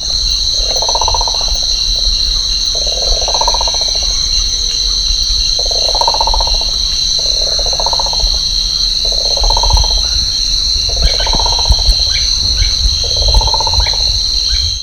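Bird calls, several short hollow notes repeated every couple of seconds, over a steady high-pitched whine.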